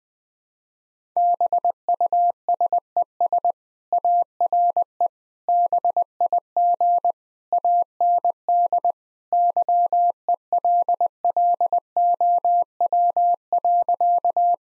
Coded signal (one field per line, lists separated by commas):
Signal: Morse code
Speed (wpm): 21 wpm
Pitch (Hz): 700 Hz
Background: none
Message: BUSES ARE BIG AND YELLOW.